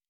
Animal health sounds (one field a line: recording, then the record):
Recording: hydrophone in a shrimp aquaculture tank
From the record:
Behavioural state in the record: normal